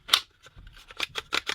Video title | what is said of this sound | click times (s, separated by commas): GUN & FLOWER Waist and leg holster quick conversion? | a little bit of slop in there, but it does have a nice click. | 0.1 s